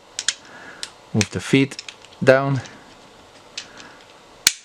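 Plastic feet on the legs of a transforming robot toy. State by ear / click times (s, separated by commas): seated / 4.5 s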